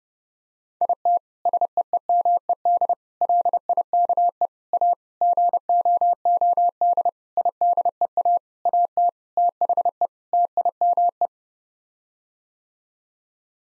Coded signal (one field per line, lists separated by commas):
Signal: Morse code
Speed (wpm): 30 wpm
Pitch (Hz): 700 Hz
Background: none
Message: IT SEEMED LIKE A GOOD IDEA AT THE TIME